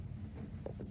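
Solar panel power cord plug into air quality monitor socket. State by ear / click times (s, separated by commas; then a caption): seated / 0.7 s, 0.8 s. A solar panel power cord plug with four prongs and a notch is pushed into the receiving socket on an air quality monitor. It clicks at 0.7 s and again at 0.8 s over a low, steady rumble, and the plug is seated.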